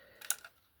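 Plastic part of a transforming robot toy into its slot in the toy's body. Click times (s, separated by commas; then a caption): 0.3 s. A plastic part of a Transformers G1 Triggerhappy transforming robot toy is pushed into its slot in the toy's body. A soft plastic tick at 0.2 s leads into a sharp click at 0.3 s, followed by a fainter rattle near 0.4–0.5 s. The part clicks into place and is seated.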